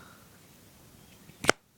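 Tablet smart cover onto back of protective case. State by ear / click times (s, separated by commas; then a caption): seated / 1.5 s. A folded tablet smart cover snaps magnetically onto the back of a Belkin Snap Shield Secure plastic snap-on case for iPad 3 and 4. A quiet background gives way to one sharp, bright snap at 1.5 s, followed by near silence. The cover is seated and held on magnetically.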